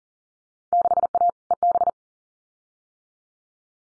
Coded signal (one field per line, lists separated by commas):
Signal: Morse code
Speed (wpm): 38 wpm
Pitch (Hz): 700 Hz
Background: none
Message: 6A EB